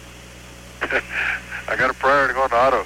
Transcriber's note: laughter